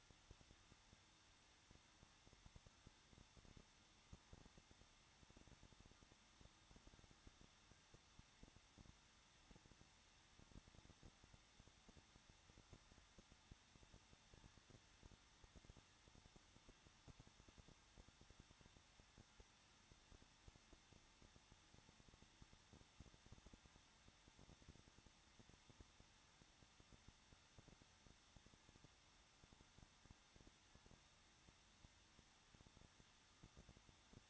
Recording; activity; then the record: daily activity, microphone in the room; no activity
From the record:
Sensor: 3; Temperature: 21.2 degrees Celsius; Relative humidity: 36.4%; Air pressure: 1006.3 hPa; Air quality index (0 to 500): 223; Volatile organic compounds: 42 ppm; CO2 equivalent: 3180 ppm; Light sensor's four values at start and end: 2/3/2/2 and 2/3/2/2